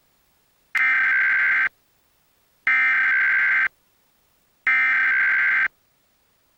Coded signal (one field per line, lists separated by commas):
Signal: Emergency Alert System (SAME) tones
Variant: header bursts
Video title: EAS National Periodic Test – Xfinity (8/11/2021)